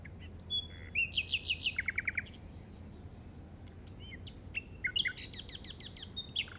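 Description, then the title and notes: Common nightingale singing varied phrases of quick repeated chirps and descending whistled notes, with short gaps between phrases and a faint low background rumble. Llobregat Delta, recorded at 06:00 on 8 May 2015 with a Zoom recorder. "Grabación de ruiseñor común (Luscinia megarhynchos) en el Delta del Llobregat a las 06:00 del 08/05/2015."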